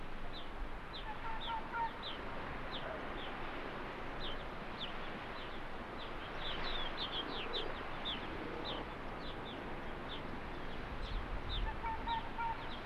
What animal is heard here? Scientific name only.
Vulpes lagopus